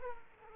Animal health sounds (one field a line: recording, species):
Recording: mosquito wingbeat signal from an infrared sensor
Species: Aedes aegypti